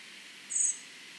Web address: SETE data Turdus merula